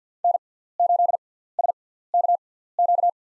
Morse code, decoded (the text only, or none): N8SKQ